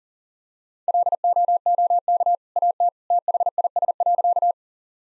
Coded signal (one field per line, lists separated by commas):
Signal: Morse code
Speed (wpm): 40 wpm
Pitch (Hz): 700 Hz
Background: none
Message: LOOK AT THIS.